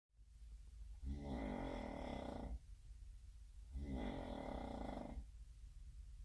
Snoring Roommate.